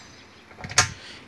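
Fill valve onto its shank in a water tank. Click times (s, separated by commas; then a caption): 0.8 s. A plastic Fluidmaster 703U 008 toilet-tank fill valve is pushed onto its threaded shank in a water tank and twisted until it locks. Two faint clicks at 0.6 and 0.7 seconds lead into a sharp, bright click at 0.8 seconds, when the valve seats on the shank.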